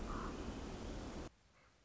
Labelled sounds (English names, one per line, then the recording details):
Common Raven
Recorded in Sonoma County, California